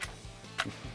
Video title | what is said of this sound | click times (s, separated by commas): Diana Stormrider PCP Air Rifle review | we're just going to take it slide it across there and it will click into place | 0.6 s